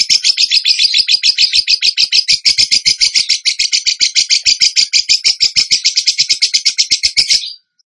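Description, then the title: Bird song: a long, loud machine-gun trill of shrill repeated notes lasting over seven seconds before cutting off. Masteran (training) recording of a bird singing actively (gacor) in the tembakan song style. "Masteran Burung Tembakan Gacor"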